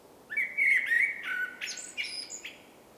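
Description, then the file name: Common blackbird song: one mellow, fluty warbled phrase that breaks into thin, high twittering notes at the end. "Turdus merula"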